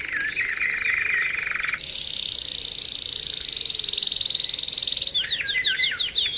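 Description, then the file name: Canary song in rapid trilled tours, a buzzy double-band trill switching into a long, high, even trill, then quick looping sweeping notes near the end. Canary therapy (training) song. "kenari terapi omkicau"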